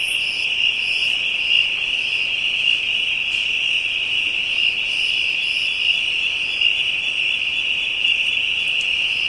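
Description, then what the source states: Insects keep up a steady shrill droning chorus, with faint irregular higher chirps and ticks scattered across it. African insects, ambient soundscape.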